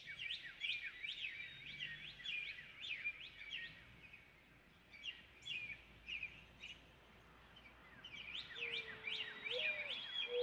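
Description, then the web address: Northern cardinal song: bright, steeply falling whistled notes delivered in quick repeated phrases, a quieter gap, then more, with one low rising whistle near the end. "birdsongforthecurious Northern Cardinal"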